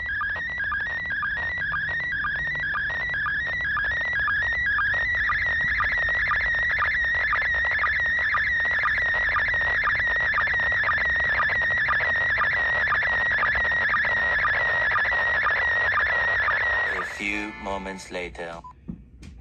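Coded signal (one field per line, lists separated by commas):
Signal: SSTV (slow-scan television)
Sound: warbling high tone with regular short low blips about twice a second, then cuts off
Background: FM radio noise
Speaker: they'll be starting another transmission in a minute f a few moments later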